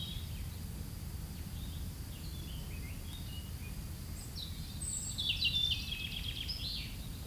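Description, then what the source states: European robin, faint thin notes at first, then a louder, high, sparkling trilled phrase in the second half, over a persistent low hum. Recorded 9 May 2022 at 09:41.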